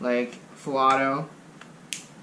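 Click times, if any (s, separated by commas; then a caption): 1.9 s. Someone talks while the fire selector lever in the lower receiver of a Tokyo Marui MP5 airsoft rifle is switched to the semi and safety positions. A sharp click is heard at 1.9 s as the lever snaps into its detent, confirming it has seated.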